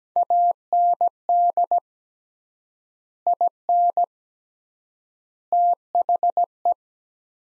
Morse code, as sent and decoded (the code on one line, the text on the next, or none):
.- -. -.. / .. -. / - .... .
AND IN THE